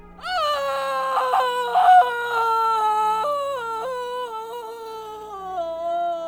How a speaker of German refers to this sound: Du weinst, Aglawen. Nein, wir weinen, Meleander.